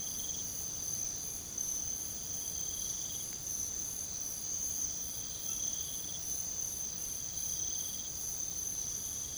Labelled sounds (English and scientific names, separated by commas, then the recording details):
none
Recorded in pastures near Puerto Asís, Putumayo, Colombia, on 9 March 2025 at 04:30
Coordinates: 0.486, -76.323
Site G075